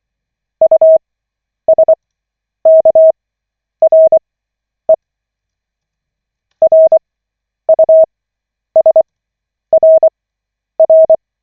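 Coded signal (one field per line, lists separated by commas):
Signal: Morse code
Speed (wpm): 24 wpm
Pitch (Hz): 640 Hz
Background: none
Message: USKRE RUSRR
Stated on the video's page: Koch method Morse practice session from the LCWO.net website, lesson 5 of 40.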